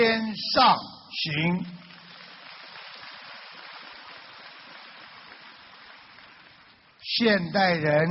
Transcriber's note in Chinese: 掌声